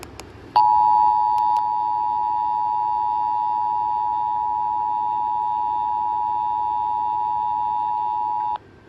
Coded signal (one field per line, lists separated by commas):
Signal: Emergency Alert System (SAME) tones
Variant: 853 and 960 Hz attention tone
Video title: New Jersey Required Monthly Test on 2 stations (June 20, 2023) (EAS #791 & EAS #792)